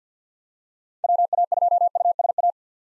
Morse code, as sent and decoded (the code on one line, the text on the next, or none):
.-- .- ..--- ..- ... .-
WA2USA